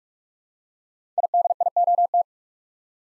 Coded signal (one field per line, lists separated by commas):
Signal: Morse code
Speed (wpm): 44 wpm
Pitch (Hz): 700 Hz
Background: none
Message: IDIOT